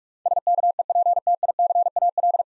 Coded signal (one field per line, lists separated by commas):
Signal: Morse code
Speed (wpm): 46 wpm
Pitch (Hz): 700 Hz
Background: none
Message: SKEPTICAL